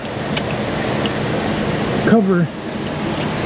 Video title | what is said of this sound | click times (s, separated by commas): OUTLANDER ALT, CRUZE P1101, 24 MUSTANG GT, F150 Align, DAY 552 in the Shop, Fixing Cars | kind of snaps in place kind of | 0.4 s, 1.1 s